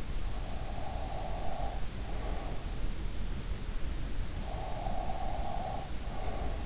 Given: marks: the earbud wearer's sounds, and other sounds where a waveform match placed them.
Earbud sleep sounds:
sounds in sleep by an in-ear microphone; breath
0.52-2.44 s: breath
4.60-6.66 s: breath

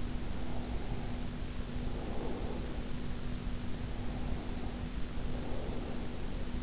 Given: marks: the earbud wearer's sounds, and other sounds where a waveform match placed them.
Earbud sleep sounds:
sounds in sleep by an in-ear microphone; breath
0.00-3.01 s: breath
3.64-6.55 s: breath

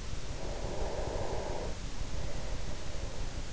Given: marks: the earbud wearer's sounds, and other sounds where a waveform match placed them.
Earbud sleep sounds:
sounds in sleep by an in-ear microphone; breath
0.20-3.53 s: breath

